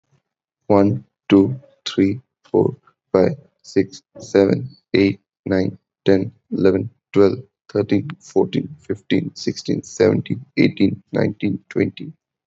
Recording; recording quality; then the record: counting at a normal pace; excellent, no background noise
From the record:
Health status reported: healthy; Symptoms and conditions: none ticked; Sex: male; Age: 26 years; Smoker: not ticked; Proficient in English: yes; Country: India